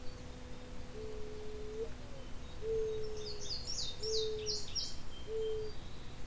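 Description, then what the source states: Mourning Dove song, low, soft, steady cooing notes repeated several times, with a burst of high, twittering chirps from another bird partway through. Two doves singing back and forth as the recordist leaves; this is the one on the left.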